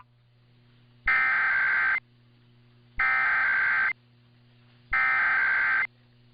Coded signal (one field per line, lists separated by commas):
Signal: Emergency Alert System (SAME) tones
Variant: header bursts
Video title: [EAS #2324-#2354] RWTs & RMTs from the week of 4/3/23 (Part 2)